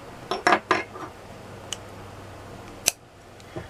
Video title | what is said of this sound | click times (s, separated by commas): Tavor Trigger Pack Disassembly and Reassembly | the first, that's the click that I was referring to. | 2.9 s